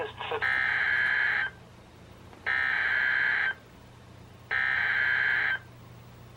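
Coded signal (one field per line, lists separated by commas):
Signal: Emergency Alert System (SAME) tones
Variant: header bursts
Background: speech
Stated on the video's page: Alerts relayed over NOAA Weather Radio stations: high wind and severe thunderstorm warnings issued by Sterling, VA during a thunderstorm line.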